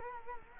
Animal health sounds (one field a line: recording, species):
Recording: mosquito wingbeat signal from an infrared sensor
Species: Culex quinquefasciatus